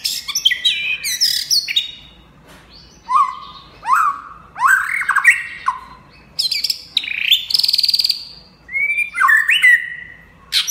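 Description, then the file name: White-rumped shama song: loud varied phrases mixing rising whistles, slurred notes and harsh buzzy elements, delivered in bursts with short pauses throughout. Champion bird from a singing contest. "suara murai batu juara lomba"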